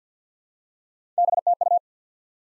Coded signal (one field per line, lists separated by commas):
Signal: Morse code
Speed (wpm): 50 wpm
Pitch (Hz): 700 Hz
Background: none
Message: BTU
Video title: Top 20 QSO Elements 50wpm